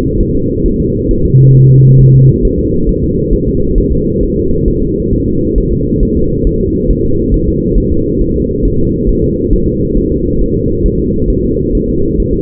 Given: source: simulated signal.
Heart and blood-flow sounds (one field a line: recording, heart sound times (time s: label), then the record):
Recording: fetal heart sounds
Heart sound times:
0.20 s: S1
0.35 s: S2
0.66 s: S1
0.80 s: S2
1.11 s: S1
1.25 s: S2
1.56 s: S1
1.70 s: S2
2.01 s: S1
2.15 s: S2
2.45 s: S1
2.59 s: S2
2.89 s: S1
3.04 s: S2
3.34 s: S1
3.48 s: S2
3.78 s: S1
3.93 s: S2
4.23 s: S1
4.37 s: S2
4.68 s: S1
4.83 s: S2
5.13 s: S1
5.28 s: S2
5.58 s: S1
5.73 s: S2
6.03 s: S1
6.17 s: S2
6.47 s: S1
6.61 s: S2
6.91 s: S1
7.05 s: S2
7.34 s: S1
7.48 s: S2
7.78 s: S1
7.92 s: S2
8.21 s: S1
8.36 s: S2
8.65 s: S1
8.80 s: S2
9.09 s: S1
9.24 s: S2
9.53 s: S1
9.68 s: S2
9.97 s: S1
10.12 s: S2
10.41 s: S1
10.56 s: S2
10.86 s: S1
11.00 s: S2
11.30 s: S1
11.45 s: S2
11.75 s: S1
11.89 s: S2
12.20 s: S1
12.34 s: S2
From the record:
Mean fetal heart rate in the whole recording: 135 bpm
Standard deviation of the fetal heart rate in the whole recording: 3 bpm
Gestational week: 36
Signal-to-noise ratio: -15.3 dB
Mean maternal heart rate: 72 bpm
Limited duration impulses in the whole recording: present